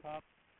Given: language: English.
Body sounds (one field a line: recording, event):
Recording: throat vibration sensor signal played as sound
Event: speech